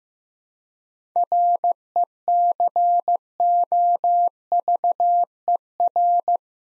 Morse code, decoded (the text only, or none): RECOVER